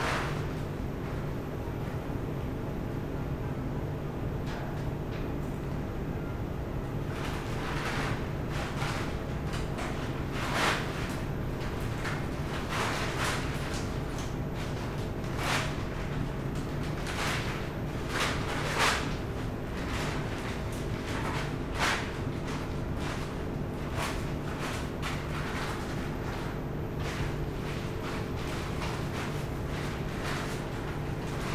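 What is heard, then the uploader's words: Machines hum steadily through a laundromat in Osaka, a low, even drone with a faint high whine on top. From about seven seconds on, short knocks and clanks come irregularly, sometimes in quick clusters, like items tumbling in a dryer drum. Laundromat Osaka.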